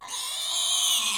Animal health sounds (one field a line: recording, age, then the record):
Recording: pig call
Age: weaner (32 to 43 days)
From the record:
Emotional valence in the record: negative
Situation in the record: restrain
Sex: male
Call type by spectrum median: high-frequency call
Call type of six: high-frequency stable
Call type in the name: high-frequency stable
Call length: 1.17 s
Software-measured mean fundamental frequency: 153 Hz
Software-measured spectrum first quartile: 3307 Hz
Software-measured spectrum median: 5005 Hz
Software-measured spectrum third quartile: 8046 Hz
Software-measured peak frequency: 3464 Hz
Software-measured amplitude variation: 73 dB a second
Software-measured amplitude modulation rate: 28.1 a second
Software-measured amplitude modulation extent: 2.6 dB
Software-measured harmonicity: 2.9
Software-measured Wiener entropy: -2.10